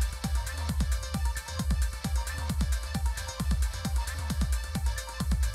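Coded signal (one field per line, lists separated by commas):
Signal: none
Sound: CD player beeps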